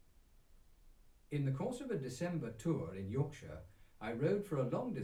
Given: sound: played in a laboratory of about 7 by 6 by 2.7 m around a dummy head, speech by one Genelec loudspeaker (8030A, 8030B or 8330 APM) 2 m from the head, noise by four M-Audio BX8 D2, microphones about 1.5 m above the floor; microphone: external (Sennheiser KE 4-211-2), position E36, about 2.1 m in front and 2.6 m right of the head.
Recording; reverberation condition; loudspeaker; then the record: male speech in English; low; 120 degrees to the left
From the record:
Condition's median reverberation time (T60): about 310 ms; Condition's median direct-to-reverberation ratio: about 3.5 dB